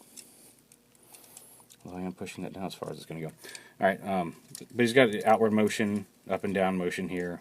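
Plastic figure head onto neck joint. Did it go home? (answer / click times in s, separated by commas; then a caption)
no / none. The plastic head of a ToyWorld TW-H02 Brainwave action figure is pushed down onto its neck joint as far as it will go, with a few faint small taps and clicks in the first two seconds before someone talks. The head has a hard time staying on, and nothing has seated or clicked into place yet.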